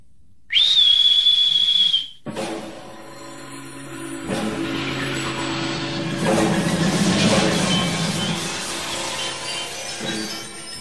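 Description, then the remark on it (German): A jester at a masked party blows a single shrill whistle at a steady high pitch for about a second and a half, loud and piercing, then it cuts off abruptly as a dense, murmuring wash of noise rises. “Während ein schriller Pfiff des Narren das Gelächter der Maskengesellschaft verstummen ließ, schnellte die Kronleuchterkette etwa 30 Fuß in die Höhe und zog die geängstigten, zappelnden Orang-Utans mit empor.”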